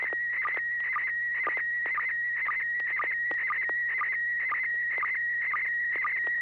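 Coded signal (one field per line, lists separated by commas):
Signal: SSTV (slow-scan television)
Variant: PD120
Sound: warbling high tone with quick low blips about twice a second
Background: low hum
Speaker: all right this should be uh PD 120 here we go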